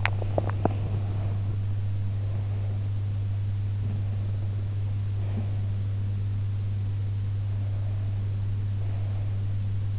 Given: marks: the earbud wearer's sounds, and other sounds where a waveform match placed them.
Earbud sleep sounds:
sounds in sleep by an in-ear microphone; teeth grinding
0.00-0.79 s: teeth grinding

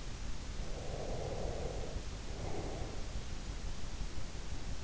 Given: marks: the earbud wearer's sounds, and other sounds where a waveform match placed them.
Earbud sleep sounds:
sounds in sleep by an in-ear microphone; breath
0.76-3.20 s: breath

